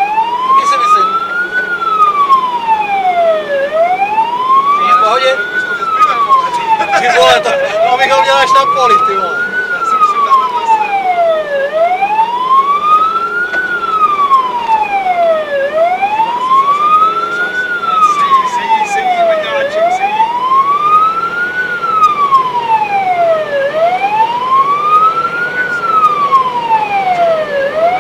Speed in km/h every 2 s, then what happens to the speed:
81, 80, 78, 82, 83, 82, 79, 76, 76, 76, 79, 84, 90, 93.
0-8 steady at about 81. 8-18 slows to 76. 18-28 speeds up to 93.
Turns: none.